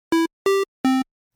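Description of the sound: Three short, buzzy electronic tones sound in quick succession. Each starts and stops abruptly at a steady loudness. The second is slightly higher in pitch and the last is lower. This is a simulated conventional hospital alarm whose flat, unnatural amplitude envelope grabs attention but feeds alarm fatigue and a stress response.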